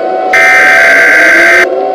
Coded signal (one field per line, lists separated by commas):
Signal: Emergency Alert System (SAME) tones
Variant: header bursts